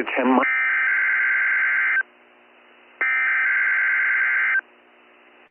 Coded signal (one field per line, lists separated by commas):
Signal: Emergency Alert System (SAME) tones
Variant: header bursts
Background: speech